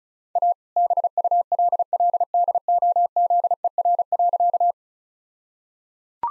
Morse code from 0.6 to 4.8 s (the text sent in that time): BULLDOZER.